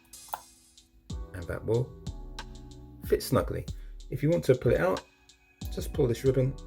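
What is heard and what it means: A battery is pushed into the battery compartment of a GoPro Hero 7 Black action camera and pops into place with a short, sharp snap at 0.3 s, and it is seated. Someone then talks over soft background music, with a few faint ticks between the words.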